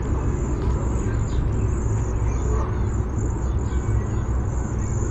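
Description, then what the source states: Cedar waxwing calls, thin high-pitched wavering notes in a near-continuous series, heard above a heavy low rumble. Bzee-seee call type.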